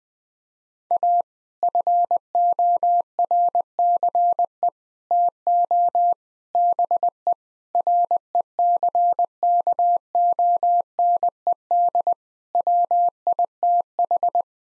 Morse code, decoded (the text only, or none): A FORCE TO BE RECKONED WITH